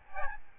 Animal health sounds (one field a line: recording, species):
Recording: mosquito wingbeat signal from an infrared sensor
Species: Aedes albopictus